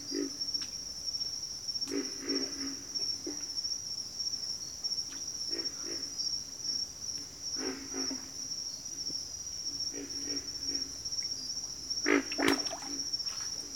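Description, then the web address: Pig frog grunts, low rough pulses given singly and in short bursts every second or two, over a steady high-pitched insect drone. Several pig frogs in a bayou. "The Natural Sounds of the Wilderness. Echoes of Nature - Bayou. Pig Frogs"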